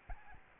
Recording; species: mosquito wingbeat signal from an infrared sensor; Aedes albopictus